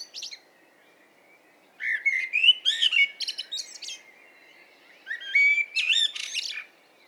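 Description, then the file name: Common blackbird song: two fluting phrases that slide into rapid high squeaks and twitters, with a brief high fragment at the start. "Turdus merula"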